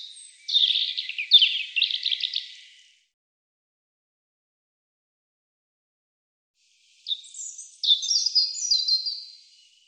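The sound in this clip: European robin singing two bright, high phrases of trilled and warbled notes, each about two to three seconds long, separated by roughly four seconds of silence.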